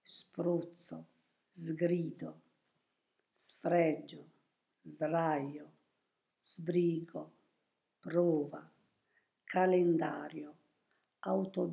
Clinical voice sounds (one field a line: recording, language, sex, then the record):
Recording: read list of words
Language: Italian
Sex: female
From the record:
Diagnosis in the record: healthy control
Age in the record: 72 years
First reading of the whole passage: 67 s, 7.5 characters per second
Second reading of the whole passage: 67 s, 7.5 characters per second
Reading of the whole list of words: 68 s, 4.2 characters per second